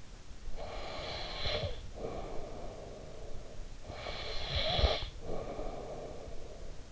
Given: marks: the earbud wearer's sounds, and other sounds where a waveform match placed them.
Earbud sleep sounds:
sounds in sleep by an in-ear microphone; breath
0.27-6.92 s: breath

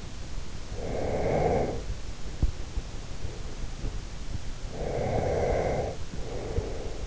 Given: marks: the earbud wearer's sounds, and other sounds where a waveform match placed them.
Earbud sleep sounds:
sounds in sleep by an in-ear microphone; breath
0.71-2.02 s: breath
4.54-7.07 s: breath

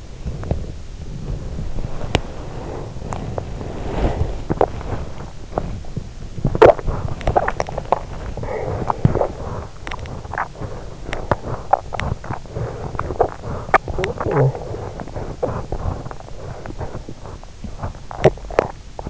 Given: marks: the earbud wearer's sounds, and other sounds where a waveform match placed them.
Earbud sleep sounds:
sounds in sleep by an in-ear microphone; body movement, swallowing
0.00-6.04 s: body movement
6.63-19.10 s: swallowing

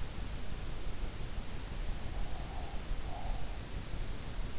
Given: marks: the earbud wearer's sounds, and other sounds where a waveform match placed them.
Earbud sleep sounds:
sounds in sleep by an in-ear microphone; breath
2.12-3.50 s: breath

